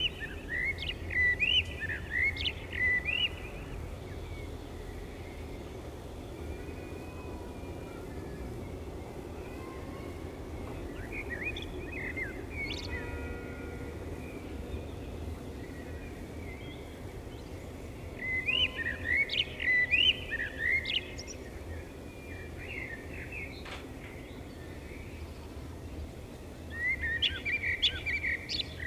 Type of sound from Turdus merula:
song